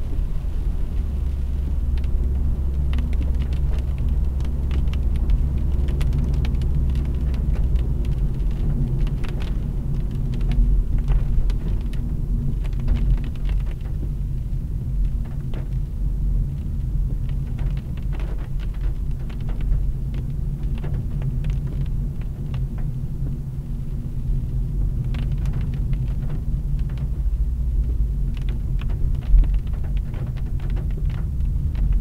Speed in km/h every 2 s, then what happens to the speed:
66, 63, 62, 61, 55, 49, 35, 22, 16, 13, 30, 29, 29, 29, 23, 29.
0-17 slows to 13. 18-20 speeds up to 30. 20-32 steady at about 29.